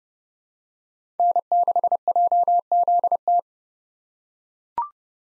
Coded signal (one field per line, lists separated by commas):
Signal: Morse code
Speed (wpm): 30 wpm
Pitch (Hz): 700 Hz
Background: none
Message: N6JZT